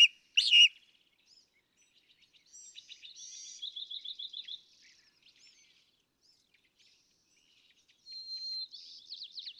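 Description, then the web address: California thrasher song: two loud sharp notes, then a soft rapid trill, a quiet gap, and a final phrase at the end. "birdsongforthecurious California Thrasher"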